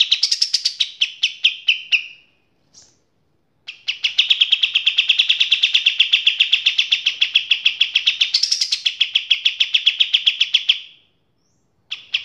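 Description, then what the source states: Kapas tembak song: a fast trill of high chirps pours out steadily for several seconds, rises briefly near the end, then stops, with a short burst after a pause. Masteran (training) song of kapas tembak.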